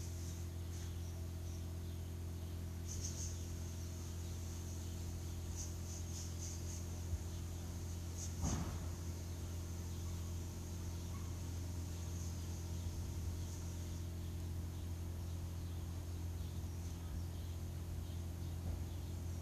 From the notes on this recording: City sounds and all around recording from my garden